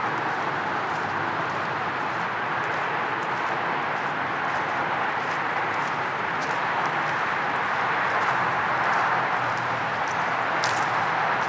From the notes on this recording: Trek over the creek and through the woods (and field) on a simple trail in Wahlfield Park.